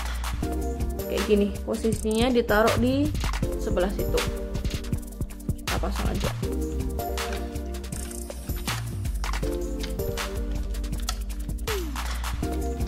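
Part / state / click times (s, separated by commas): plastic weapon accessory into a toy robot figure's hand / not seated / none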